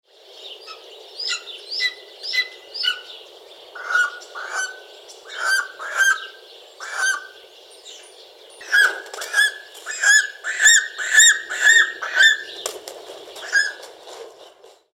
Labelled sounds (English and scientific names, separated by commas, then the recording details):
Lesser Spotted Eagle (Aquila pomarina)
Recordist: Tembrock, Günter
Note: Rufreihe